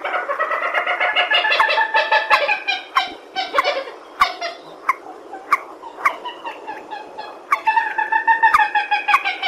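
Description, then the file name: Purple swamphen: a dense rolling honk series, then scattered harsh single barks, and a renewed rapid cackling run toward the end. "tieng trich re keu"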